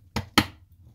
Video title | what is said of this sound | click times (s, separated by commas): Genuine Factory Stainless Steel Bracelet for the Casio Duro (Pros, Cons, Installation & Adjustment) | very stiff cardboard put it underneath there and just push down until you hear a click there | 0.2 s, 0.4 s